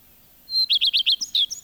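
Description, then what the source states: Common Redstart song: a clear high note followed by a quick series of repeated rising-falling phrases, ending in varied notes, in a quiet background. Field recording from Finland, released on cassette in 1987.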